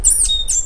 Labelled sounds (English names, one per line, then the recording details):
Stitchbird song
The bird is a male
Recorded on Tiritiri Matangi Island, New Zealand, in 2005
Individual 2, of nest box 2